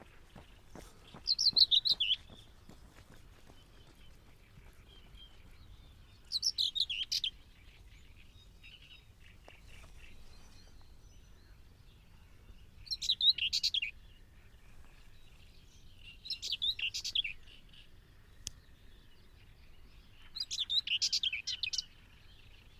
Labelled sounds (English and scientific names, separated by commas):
Common Whitethroat (Sylvia communis)